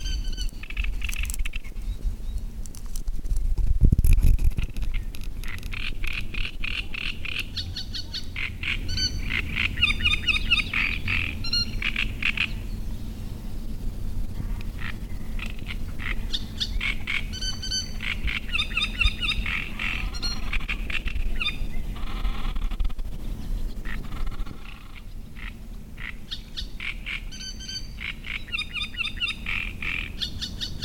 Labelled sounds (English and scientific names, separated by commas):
Great Reed Warbler (Acrocephalus arundinaceus)